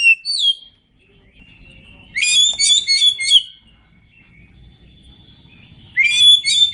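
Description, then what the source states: Oriental magpie-robin song in short, dense bursts of jumbled chirps and whistles, with quiet low rumbling between phrases. Indonesian name kacer; described as gacor, meaning singing vigorously.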